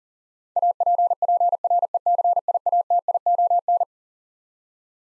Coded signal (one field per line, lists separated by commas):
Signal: Morse code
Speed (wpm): 37 wpm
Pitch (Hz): 700 Hz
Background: none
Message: APPRECIATION